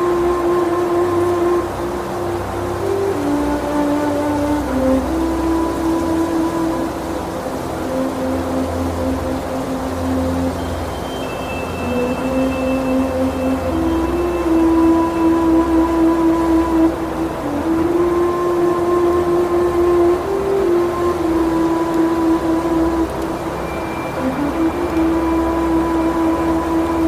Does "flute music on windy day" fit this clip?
yes